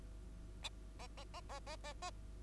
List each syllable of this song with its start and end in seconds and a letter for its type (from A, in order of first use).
0.63-0.69 A, 0.99-1.07 A, 1.17-1.24 A, 1.34-1.41 A, 1.49-1.59 A, 1.67-1.76 A, 1.84-1.93 A, 2.02-2.11 A